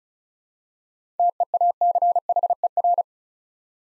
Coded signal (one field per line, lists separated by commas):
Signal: Morse code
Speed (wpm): 36 wpm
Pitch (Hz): 700 Hz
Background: none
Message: TEACHER